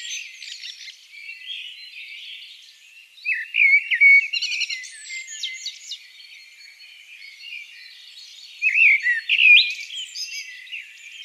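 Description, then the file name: Eurasian blackbird song: two fluty warbling phrases with high scratchy twitters at their ends, several seconds apart, over a constant background of soft high bird twittering. "Turdus merula"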